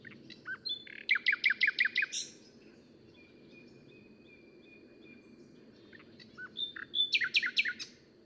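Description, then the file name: Common nightingale song phrases: a rapid run of six loud repeated notes, a pause with soft thin whistles, then another quick repeated burst over low background noise. "Luscinia megarhynchos"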